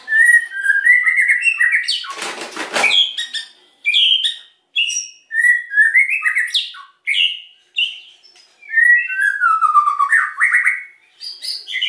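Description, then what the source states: White-rumped shama song of varied whistles and chatter, interrupted early by a burst of wing flapping, then resuming in separated phrases. White-rumped shama singing actively (gacor), used as a lure (pancingan) said to bring an immediate response on first hearing.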